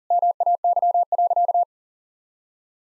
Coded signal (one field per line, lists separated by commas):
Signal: Morse code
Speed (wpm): 40 wpm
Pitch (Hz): 700 Hz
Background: none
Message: MAY.